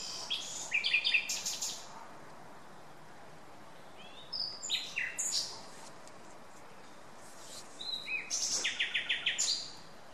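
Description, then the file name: Common nightingale song: three varied phrases mixing sharp high whistles, rapid trills and loud repeated strokes, with short pauses between them. "Luscinia megarhynchos"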